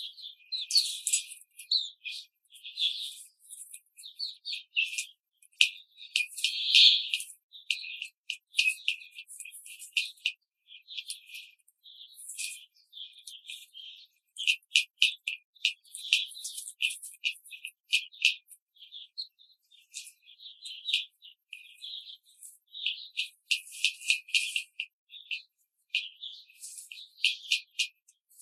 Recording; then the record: young laying hens in a cage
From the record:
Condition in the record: control cage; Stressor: none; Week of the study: 5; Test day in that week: 1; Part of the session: 2